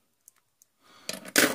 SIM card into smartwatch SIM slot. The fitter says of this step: аккуратненько до щелчка заталкиваем и его внутрь и